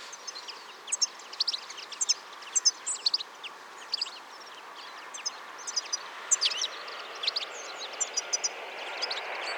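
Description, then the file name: European goldfinch calls, a busy stream of bright, high tinkling chirps and twitters in quick irregular bursts, with a rising hiss toward the end. "Carduelis carduelis"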